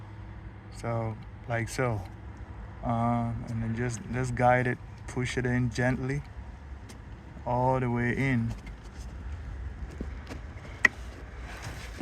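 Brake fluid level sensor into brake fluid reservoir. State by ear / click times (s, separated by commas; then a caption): seated / 10.8 s. Someone talks while a brake fluid level sensor for a 2013 Mercedes GL550 is guided and pushed gently all the way into its slot on the plastic brake fluid reservoir. A sharp click at 10.9 s marks the sensor seating fully in the reservoir.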